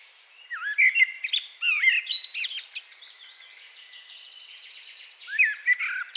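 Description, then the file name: Common blackbird song: fluty, slurred notes mixed with quick higher twitters in a burst lasting about two seconds, then a shorter twittering phrase near the end. "Turdus merula"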